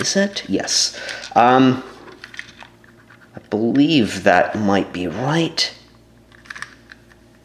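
Someone talks while handling the extra plastic wheel and the frame of a G.I. Joe Retaliation Wheel Blaster Bike toy motorbike, with the wheel meant to be pushed back until it locks into place. Light, sharp taps and clicks are heard in the pauses between speech. The wheel has not seated or locked yet.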